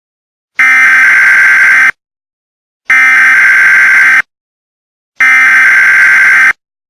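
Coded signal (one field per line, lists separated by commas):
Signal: Emergency Alert System (SAME) tones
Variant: header bursts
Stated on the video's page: Simulated EAS scenario about stolen trucks and nuclear materials.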